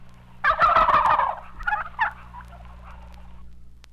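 Turkey gives one loud rattling gobble that trails off into softer gurgling notes, with a constant low hum underneath.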